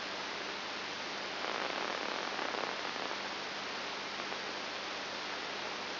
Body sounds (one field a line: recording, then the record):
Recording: brain microelectrode recording played as sound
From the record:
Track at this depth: inside the subthalamic nucleus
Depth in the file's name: 5.101 mm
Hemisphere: left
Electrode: 3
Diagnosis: Parkinson's disease